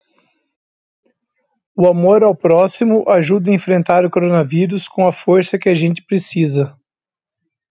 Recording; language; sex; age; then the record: spoken sentence; Brazilian Portuguese; male; 30 to 39 years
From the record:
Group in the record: control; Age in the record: 35 years